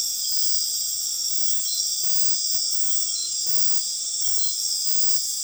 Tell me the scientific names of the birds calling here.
none